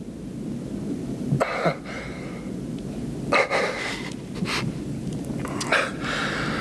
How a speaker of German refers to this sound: Es war nur ein Hund. Er kam aus der Ladentür.